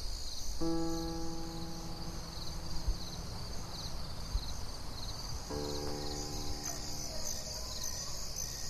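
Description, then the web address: Crickets chirp in a steady high shimmering chorus throughout, under sustained harmonic organ-like tones and a constant low rumble. "nhpr audio 2015 10 crickets soundlapseweb"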